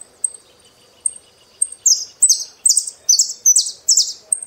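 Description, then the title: Saffron finch song: thin high notes give way to a lively series of buzzy, downslurred chirps in quick succession. "Jilguero Argentino"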